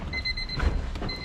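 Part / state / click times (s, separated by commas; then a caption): coolant temperature sensor plug onto engine coolant temp sensor / not seated / none. Someone pushes the plastic electrical plug onto an engine coolant temperature sensor, showing why it keeps disconnecting. Brief plastic knocks and rubbing sounds are heard near 0.4, 0.6 and 1.0 seconds over a steady high-pitched tone. The plug does not snap in or latch; nothing has seated or clicked yet.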